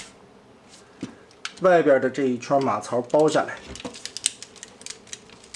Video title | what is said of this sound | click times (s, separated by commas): 你这是穿了个C裤？变形金刚DST梦星大力神拖斗玩具开箱 | 然后前腿甲这一层放下来，这里边对应的扣眼再把这一节锁上去，插紧。 | 1.5 s